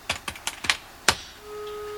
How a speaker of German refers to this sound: Ah, es klopft an, ich höre es ganz deutlich.